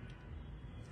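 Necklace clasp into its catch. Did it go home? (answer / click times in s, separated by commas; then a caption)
no / none. A necklace clasp, apparently metal, is fastened into its catch during a jewelry showing. Only a steady low background rumble is heard, with no sharp sounds. Nothing has clicked or locked yet, and the clasp stays unlocked.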